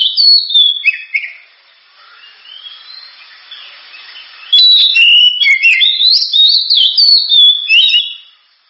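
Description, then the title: Oriental magpie-robin song, a short burst of clear whistles, a quiet gap, then a long rich run of slurred, rising and falling whistled notes. Champion bird's song. "Kicau Burung Kacer Juara"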